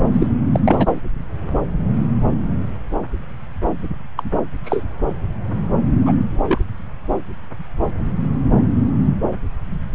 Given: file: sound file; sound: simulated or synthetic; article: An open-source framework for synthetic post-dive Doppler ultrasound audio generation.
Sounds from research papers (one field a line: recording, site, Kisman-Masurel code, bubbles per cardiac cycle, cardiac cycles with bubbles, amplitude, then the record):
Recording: Doppler ultrasound audio after a dive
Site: subclavian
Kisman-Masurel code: 223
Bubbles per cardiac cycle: several, 3–8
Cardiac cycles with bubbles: 10–50%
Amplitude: loud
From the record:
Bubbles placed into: full cardiac cycles